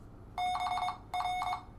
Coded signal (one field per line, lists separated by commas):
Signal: Morse code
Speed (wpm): 22 wpm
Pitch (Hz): 730 Hz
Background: none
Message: BR